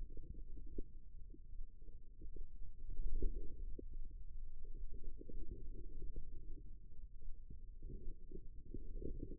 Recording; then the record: forearm muscle sounds (acoustic myography)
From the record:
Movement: radial deviation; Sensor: system 2, bracelet of six BSWA MPA416 microphones around the upper forearm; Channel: 3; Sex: female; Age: 25 years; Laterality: right